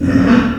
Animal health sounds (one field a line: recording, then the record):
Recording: squeal of a Yucatan mini pig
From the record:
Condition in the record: after surgery on the right vocal fold (resection and tissue-engineered implant)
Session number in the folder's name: 7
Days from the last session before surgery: 47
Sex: female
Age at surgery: 19 weeks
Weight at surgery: 25 kg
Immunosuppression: prednisolone